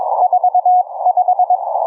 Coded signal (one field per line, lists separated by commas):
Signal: Morse code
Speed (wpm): 22 wpm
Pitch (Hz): 730 Hz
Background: none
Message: 45